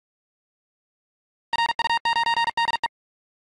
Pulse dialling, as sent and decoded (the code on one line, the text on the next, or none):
none